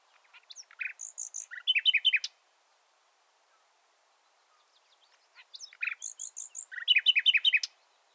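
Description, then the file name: Common nightingale singing two similar phrases separated by a pause, each a quick sequence of high clicks and chirps building to a burst of repeated notes. "Luscinia megarhynchos"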